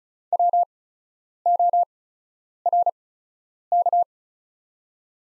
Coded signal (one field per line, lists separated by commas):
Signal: Morse code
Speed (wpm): 36 wpm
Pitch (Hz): 700 Hz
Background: none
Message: WORK